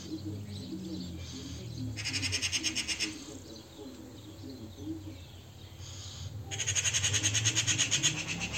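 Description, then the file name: Eurasian magpie with two bouts of dry, machine-gun chattering, the second louder and longer. "Pica pica"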